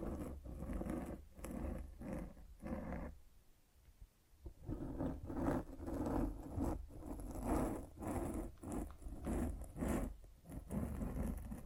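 Scratching on a microphone: rough rubbing strokes come in quick bursts, roughly two per second, with a steady low rumble underneath. The scraping fades almost to silence around three to four seconds, then returns denser and louder for the rest.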